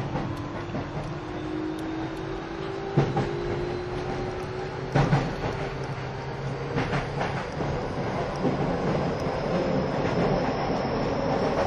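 A train runs steadily with a dense, rumbling roar and a low tone that slowly rises in pitch. Sharp clanks and knocks from the wheels hit irregularly, strongest around three and five seconds, with a faint high whine running throughout.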